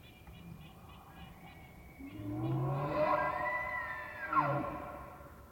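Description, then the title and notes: Elk bugle: a low groaning roar rising into a long, strained high whistle, then a final squeal. Bull elk in the rut, morning of September 18, pre-dawn start, Colockum Wildlife Area between Wenatchee and Ellensburg, WA; high plateau with ponderosa pine; just before hunting season; raw track. "Elk Bull Roars Closer And Far With Challenges, Galloping, And Clashing Antlers. morning of September 18, starting pre-dawn. It was rutting season in the Colockum Wildlife area"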